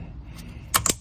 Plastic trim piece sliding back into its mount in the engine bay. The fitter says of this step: to line these up and slide it back in until it clicks,